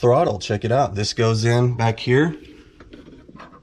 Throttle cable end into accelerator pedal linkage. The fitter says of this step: Look at that. It clicks right into there.